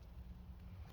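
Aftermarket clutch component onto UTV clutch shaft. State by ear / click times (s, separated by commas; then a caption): not seated / none. An aftermarket metal clutch component is being handled onto a UTV clutch shaft, slid on and turned toward the point where it locks. Only a steady low rumble and broadband noise are heard, with no distinct hits. Nothing has seated or clicked yet.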